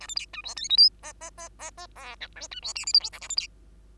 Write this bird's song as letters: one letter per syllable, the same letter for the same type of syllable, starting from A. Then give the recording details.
A B C D E F G H I I I I I J K L D E M N O P Q A B C. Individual Bird2